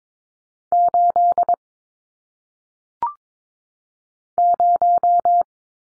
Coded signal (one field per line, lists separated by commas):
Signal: Morse code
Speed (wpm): 22 wpm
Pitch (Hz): 700 Hz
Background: none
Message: 8 0